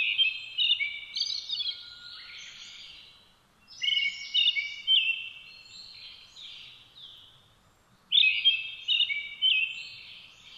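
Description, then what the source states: Brown-headed thrush singing three phrases about four seconds apart, each a loud clear whistled opening that slurs into a high thin twitter. Recorded 17 June 2009 at 06:48.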